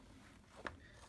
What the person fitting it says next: Well, there we go, clicks into place.